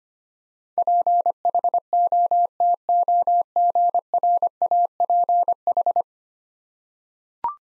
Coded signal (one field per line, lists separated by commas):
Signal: Morse code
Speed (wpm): 25 wpm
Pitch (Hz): 700 Hz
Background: none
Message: PHOTOGRAPH